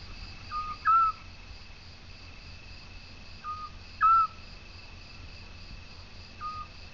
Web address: otus scops call